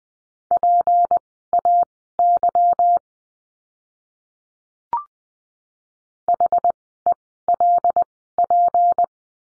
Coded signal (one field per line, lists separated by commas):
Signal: Morse code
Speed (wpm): 20 wpm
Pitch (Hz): 700 Hz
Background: none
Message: PAY HELP